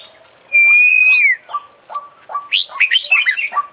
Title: Full Isian Juara Internasional Burung KACER Gacor